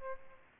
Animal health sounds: mosquito wingbeat signal from an infrared sensor; Aedes albopictus

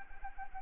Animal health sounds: mosquito wingbeat signal from an infrared sensor; Anopheles arabiensis

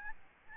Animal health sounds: mosquito wingbeat signal from an infrared sensor; Aedes albopictus

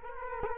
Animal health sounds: mosquito wingbeat signal from an infrared sensor; Culex quinquefasciatus

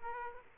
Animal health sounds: mosquito wingbeat signal from an infrared sensor; Aedes aegypti

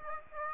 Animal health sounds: mosquito wingbeat signal from an infrared sensor; Aedes aegypti

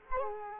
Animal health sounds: mosquito wingbeat signal from an infrared sensor; Culex quinquefasciatus

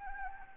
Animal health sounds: mosquito wingbeat signal from an infrared sensor; Anopheles gambiae

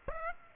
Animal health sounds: mosquito wingbeat signal from an infrared sensor; Aedes aegypti

